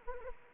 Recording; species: mosquito wingbeat signal from an infrared sensor; Anopheles arabiensis